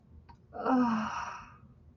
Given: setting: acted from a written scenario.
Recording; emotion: vocal sound without words; ecstasy